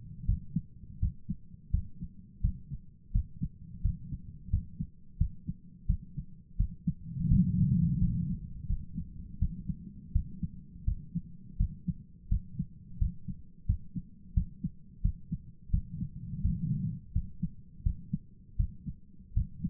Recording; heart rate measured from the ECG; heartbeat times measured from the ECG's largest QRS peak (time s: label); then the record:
heart sounds by stethoscope; 85 bpm
0.25 s: heartbeat
0.99 s: heartbeat
1.70 s: heartbeat
2.40 s: heartbeat
3.11 s: heartbeat
3.81 s: heartbeat
4.49 s: heartbeat
5.17 s: heartbeat
5.85 s: heartbeat
6.56 s: heartbeat
7.27 s: heartbeat
7.98 s: heartbeat
8.66 s: heartbeat
9.38 s: heartbeat
10.11 s: heartbeat
10.84 s: heartbeat
11.57 s: heartbeat
12.28 s: heartbeat
12.98 s: heartbeat
13.65 s: heartbeat
14.33 s: heartbeat
15.01 s: heartbeat
15.70 s: heartbeat
16.41 s: heartbeat
17.12 s: heartbeat
17.82 s: heartbeat
18.56 s: heartbeat
19.33 s: heartbeat
From the record:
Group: healthy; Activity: rest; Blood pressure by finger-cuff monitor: 165/88 mmHg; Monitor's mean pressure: 104 mmHg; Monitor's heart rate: 84 bpm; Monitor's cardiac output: 8.2 L/min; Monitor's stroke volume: 97 mL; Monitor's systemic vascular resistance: 940 dyn s/cm5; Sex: male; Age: 57 years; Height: 188 cm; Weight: 106 kg